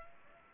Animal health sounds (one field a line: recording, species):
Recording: mosquito wingbeat signal from an infrared sensor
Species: Culex pipiens